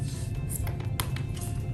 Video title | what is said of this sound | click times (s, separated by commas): HydroCart Compact - Training Video - Pulex - Member of IPC | wait to hear the click | 1.0 s